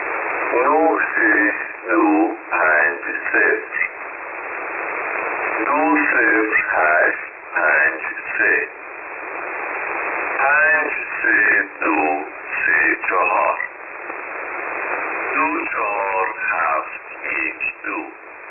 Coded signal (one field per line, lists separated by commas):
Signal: numbers station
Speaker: So again, this is on upper sideband on HF at 7842.